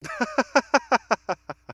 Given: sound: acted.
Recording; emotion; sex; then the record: nonverbal affect burst; happiness; male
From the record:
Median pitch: 225 Hz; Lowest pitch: 144 Hz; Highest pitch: 343 Hz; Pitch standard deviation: 42 Hz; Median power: 47.5 dB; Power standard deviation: 15.9 dB